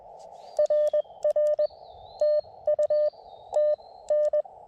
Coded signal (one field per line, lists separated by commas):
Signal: Morse code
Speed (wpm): 20 wpm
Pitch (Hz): 600 Hz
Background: none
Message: RR TU TN